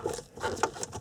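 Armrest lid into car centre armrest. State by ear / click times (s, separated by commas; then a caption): not seated / none. A new plastic armrest lid is handled and pressed onto the centre armrest of an Audi A4, S4 or RS4 (B6/B7, 2001–2008), lining up its two round mounting points. Soft patter-like handling rustles are heard, with one brief, sharper knock at 0.6 s. The lid has not seated or snapped into place yet.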